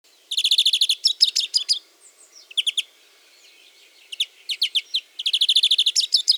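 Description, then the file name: European greenfinch calling with rapid bright trills, bursts of quick repeated notes separated by short pauses, a few single chirps between them. "Chloris chloris"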